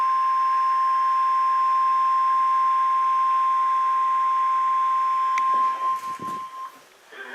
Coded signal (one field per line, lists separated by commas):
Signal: Emergency Alert System (SAME) tones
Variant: 1050 Hz attention tone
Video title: Severe Thunderstorm Warning (EAS #1,955-1,957) - March 13, 2019